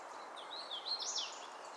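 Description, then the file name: Hooded warbler with one short, bright whistled phrase, swinging up and down before a higher accented finish, over a soft hissing background. Lake Crabtree, 16 April 2018. "HOWA Lake Crabtree 041618 DR"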